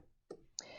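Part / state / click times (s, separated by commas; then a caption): drawing pen holder into the carriage of a craft cutting machine / seated / 0.6 s. A drawing pen holder is pushed into the carriage of a craft cutting machine and seats fully. A softer tick comes at 0.3 s, then a sharp click at 0.6 s as it locks into place, followed by a steady hum.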